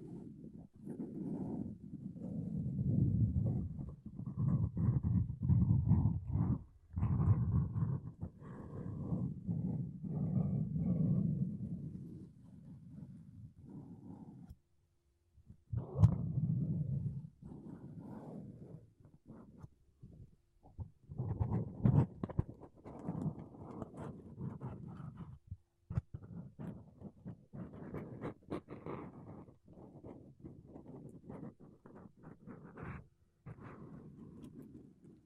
Mic Brushing Using Makeup Brushes and Sponge